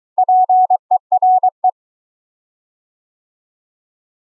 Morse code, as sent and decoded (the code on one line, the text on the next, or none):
.--. . .-. .
PERE